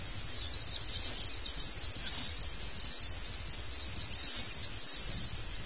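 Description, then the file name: Common swift calls: a near-continuous run of high, piercing screeches, each burst under a second, following one another with only brief gaps. "gierzwaluw"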